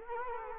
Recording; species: mosquito wingbeat signal from an infrared sensor; Culex quinquefasciatus